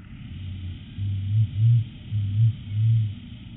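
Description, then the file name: Blue-billed curassow booming: a run of five deep, humming notes over low, steady background noise. "Blue billed Curassow Crax alberti"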